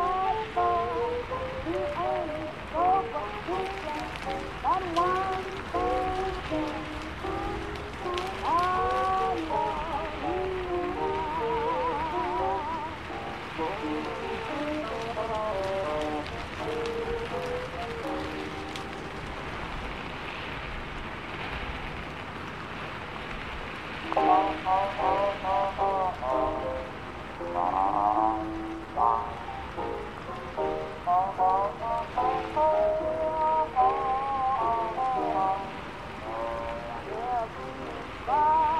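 Oldies play in another room, a singing voice and melody carrying over steady rain hiss, easing briefly near twenty seconds before resuming.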